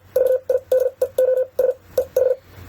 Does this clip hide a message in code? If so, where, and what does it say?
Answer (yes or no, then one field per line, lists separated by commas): yes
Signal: Morse code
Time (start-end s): 0.2-2.3 s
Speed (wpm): 53 wpm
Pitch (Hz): 510 Hz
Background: none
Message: VIDEOS EH